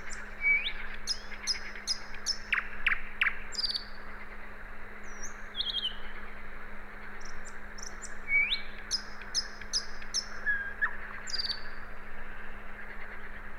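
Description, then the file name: Common nightingale giving phrases of sharp, high repeated notes in quick series with short rising whistles between, paused and resumed, over a steady background hiss and low hum. "Luscinia megarhynchos"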